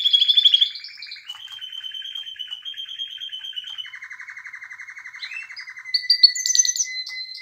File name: canary